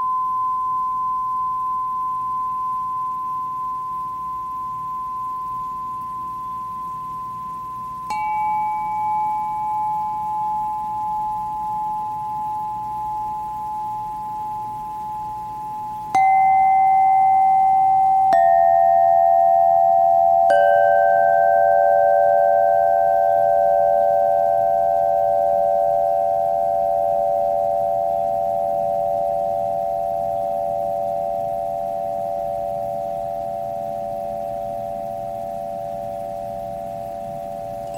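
Singing bowls ring out in long, pure, steady tones, starting with a single mid-pitched hum. New strikes land at about 8, 16, 18 and 20 seconds, each adding a lower bowl until several tones overlap and slowly fade. A faint low rumble sits underneath throughout.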